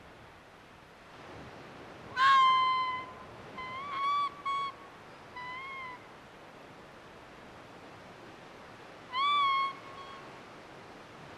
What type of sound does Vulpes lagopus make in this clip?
barking